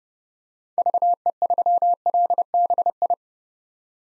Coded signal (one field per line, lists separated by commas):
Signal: Morse code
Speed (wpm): 32 wpm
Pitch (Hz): 700 Hz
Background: none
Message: VE3LBI